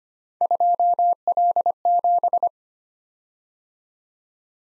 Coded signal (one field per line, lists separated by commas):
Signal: Morse code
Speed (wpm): 25 wpm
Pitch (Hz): 700 Hz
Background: none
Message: 2L7